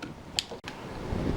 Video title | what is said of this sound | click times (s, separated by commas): 2022 ITX Budget Build - Silverstonge SG13 - Asrock B560M - i5 11500 | push it down the slot, and I should hear a click of this pin snapping into the RAM module. | 0.4 s